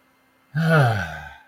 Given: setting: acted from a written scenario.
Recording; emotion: vocal sound without words; disappointment